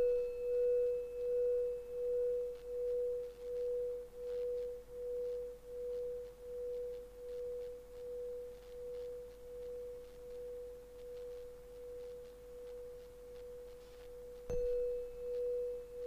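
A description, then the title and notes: A pure, steady chime tone around 500 pulses gently about twice a second, with faint ticks scattered above and one sharp click near fourteen seconds. There is no talking or other audio elements. Hypnotic chimes.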